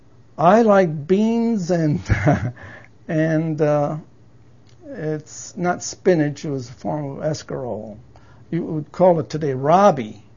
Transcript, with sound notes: I liked beans and ( he laughs ) it's not spinach, it was a form of escarole. We call it today rabe.